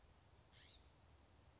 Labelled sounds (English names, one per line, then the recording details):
California Scrub-Jay
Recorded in Sonoma County, California